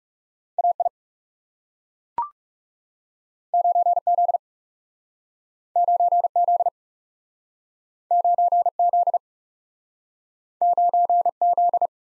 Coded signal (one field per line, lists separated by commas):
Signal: Morse code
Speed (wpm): 40 wpm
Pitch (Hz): 700 Hz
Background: none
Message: A I 9 Z 9 Z 9 Z 9 Z